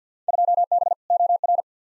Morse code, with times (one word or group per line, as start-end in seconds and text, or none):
0.3-0.9 2B
1.1-1.6 OR